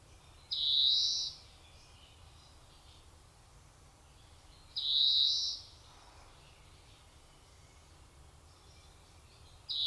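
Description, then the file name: European greenfinch repeating a long, buzzy wheeze roughly every four seconds, two in full and a third cut short at the end, over a faint low hum. "Chloris chloris"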